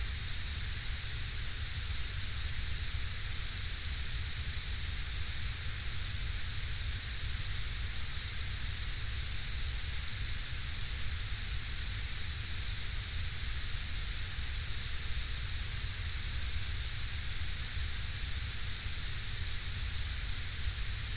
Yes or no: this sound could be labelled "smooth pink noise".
yes